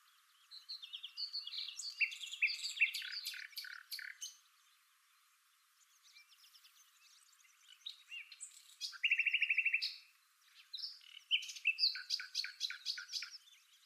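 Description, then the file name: Common nightingale song in varied bursts of rapid clicks, buzzy trills and whistled notes, with pauses between phrases and a loud rattling trill near the middle. "Luscinia megarhynchos"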